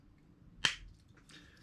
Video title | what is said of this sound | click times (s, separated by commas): SUPERTHINGS ACTION PACK BIG STRIKE UNBOXING | Okay, you could tell by that little click. | 0.7 s